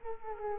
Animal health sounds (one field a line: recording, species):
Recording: mosquito wingbeat signal from an infrared sensor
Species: Culex quinquefasciatus